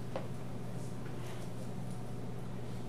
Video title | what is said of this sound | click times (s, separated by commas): SCI7/8 - Compound Microscopes | you use the microscope you have to be sure that it's clicked into place like when you turn it when | 0.2 s